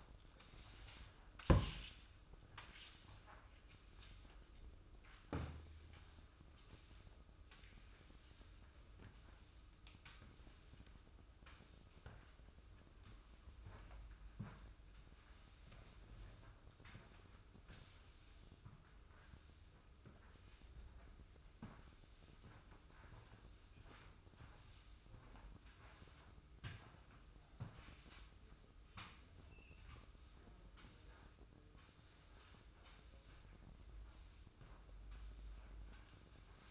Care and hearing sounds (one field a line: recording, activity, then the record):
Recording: daily activity, microphone in the room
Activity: sweep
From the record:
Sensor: 2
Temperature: 24.2 degrees Celsius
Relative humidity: 31.4%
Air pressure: 995.8 hPa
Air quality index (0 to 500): 93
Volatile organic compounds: 5 ppm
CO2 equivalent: 1716 ppm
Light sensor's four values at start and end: 25/77/30/30 and 22/74/29/27